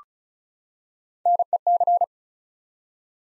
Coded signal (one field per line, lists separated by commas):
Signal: Morse code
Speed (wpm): 36 wpm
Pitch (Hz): 700 Hz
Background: none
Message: NEC